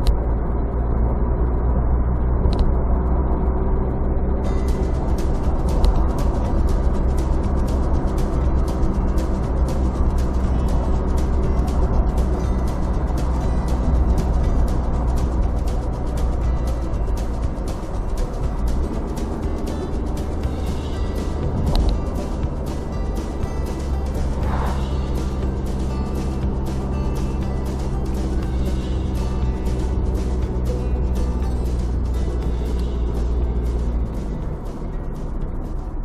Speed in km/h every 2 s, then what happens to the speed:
64, 67, 70, 69, 68, 67, 67, 63, 60, 58, 54, 53, 47, 48, 47, 44, 42, 39.
0-12 steady at about 67. 12-36 slows to 39.